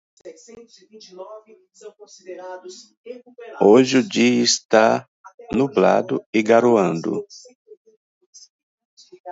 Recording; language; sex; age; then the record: spoken sentence; Brazilian Portuguese; male; 40 to 49 years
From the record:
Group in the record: control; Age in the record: 47 years